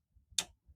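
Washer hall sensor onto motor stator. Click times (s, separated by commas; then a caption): 0.4 s. A plastic hall sensor for an LG washer is lined up with the clips on the washer motor stator and pushed on until firm. One sharp tick sounds at 0.4 s among faint low thumps, and the sensor is seated on the stator.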